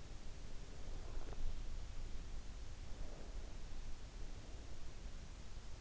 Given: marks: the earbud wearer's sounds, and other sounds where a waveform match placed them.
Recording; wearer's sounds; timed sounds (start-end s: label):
sounds in sleep by an in-ear microphone; teeth grinding, breath
0.42-1.86 s: teeth grinding
2.85-5.15 s: breath